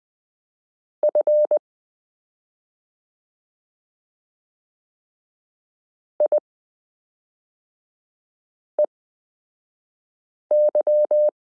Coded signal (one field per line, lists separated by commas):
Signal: Morse code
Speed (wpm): 20 wpm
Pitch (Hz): 600 Hz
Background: none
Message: F IEY